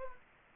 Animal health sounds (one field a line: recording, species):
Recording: mosquito wingbeat signal from an infrared sensor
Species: Anopheles gambiae